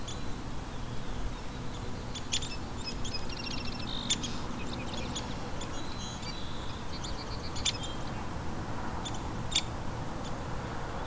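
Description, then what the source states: Downy Woodpecker calls as short high squeaks and brief rattled series, scattered throughout over steady low background noise. Short little squeaks, descending call; two birds, one behind and one in front, seemingly keeping in contact; live on a warm, sunny spring morning meadow walk.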